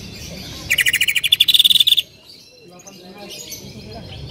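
Bird song: one fast, even buzzy trill of about a dozen pulses lasting just over a second, followed by near quiet with faint twittering.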